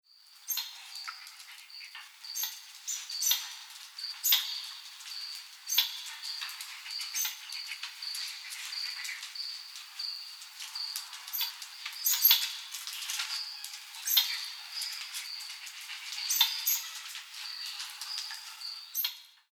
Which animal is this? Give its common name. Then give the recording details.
White-nosed Coati. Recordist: Tembrock, Günter. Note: Kurzlaute